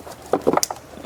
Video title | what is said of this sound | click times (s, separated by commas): How Many Cars Can We Fix Today? Chrysler 200 Overheating & Leaking | okay I heard it snapping | 0.6 s